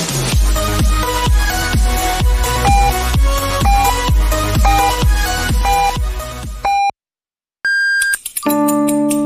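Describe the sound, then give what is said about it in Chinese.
Rhythmic music with steady drum hits ends, then a short beep, a brief silence and a higher, longer beep mark 20:00 Beijing time on Beijing People's Radio Station's Vitality FM 98.2, before the music starts again. “北京时间20点整，未来的时间刻度982，下一秒就是未来。”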